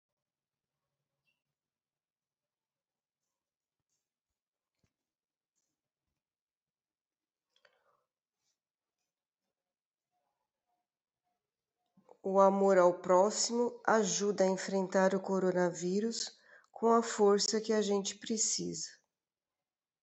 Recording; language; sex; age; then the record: spoken sentence; Brazilian Portuguese; female; 60 to 69 years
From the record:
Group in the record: control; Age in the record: 60 years